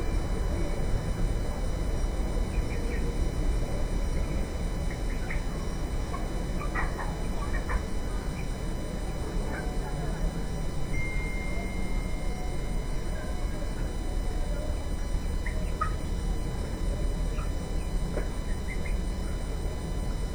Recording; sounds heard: poultry house recording; healthy chickens